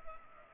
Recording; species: mosquito wingbeat signal from an infrared sensor; Culex pipiens